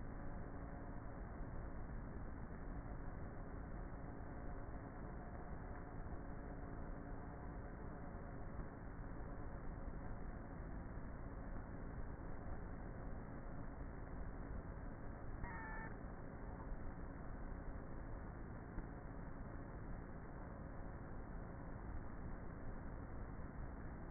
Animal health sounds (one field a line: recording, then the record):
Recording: honeybee colony, microphone inside the hive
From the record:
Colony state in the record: queenless with a low population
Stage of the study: before two queens were removed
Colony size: about 30,000 bees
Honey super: no